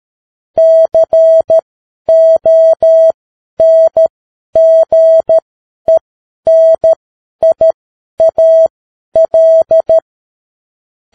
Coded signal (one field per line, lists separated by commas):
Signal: Morse code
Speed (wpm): 13 wpm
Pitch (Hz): 650 Hz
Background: none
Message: CONGENIAL